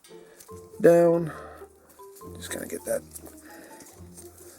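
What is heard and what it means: A plastic panel section is handled and pushed toward the body of a Brave Troops Toys BTT-01 (RotB Bumblebee) transforming figure during its robot-to-car transformation. Someone talks over soft plastic handling and shuffling sounds, with a brief tap near 0.4 s. Nothing has seated or clicked into place yet when the clip ends.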